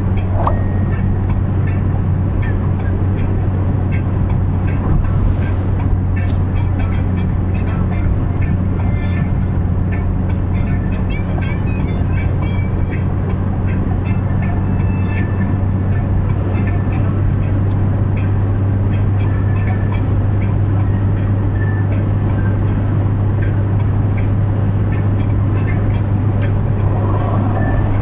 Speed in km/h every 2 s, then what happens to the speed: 107, 107, 107, 104, 104, 104, 108, 109, 112, 114, 115, 115, 115, 116.
0-10 steady at about 104. 10-28 speeds up to 116.